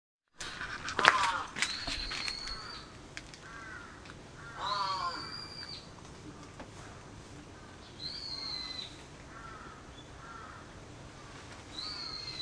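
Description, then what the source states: Crow giving harsh, hoarse caws in several short bursts, while another bird adds higher, clear whistled notes, over steady background hiss. Recorded on 14 July 2022 at 06:52.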